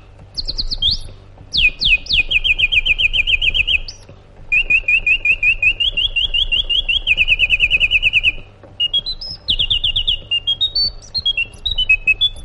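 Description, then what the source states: Sooty-headed bulbul pouring out sharp sweeping calls, long fast trills of repeated chirps, then a string of whistled notes rising and falling, with a constant low hum behind. Sooty-headed bulbul called by its Indonesian name kutilang, described as gacor, meaning singing vigorously and continuously.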